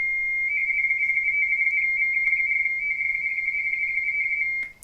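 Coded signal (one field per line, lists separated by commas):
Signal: RTTY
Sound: rapid warbling two-tone burst, about four seconds long, then a click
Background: faint radio static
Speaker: He'll respond by sending us his QTC 8th line.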